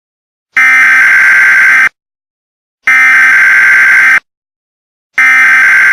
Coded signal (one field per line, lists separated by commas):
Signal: Emergency Alert System (SAME) tones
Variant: header bursts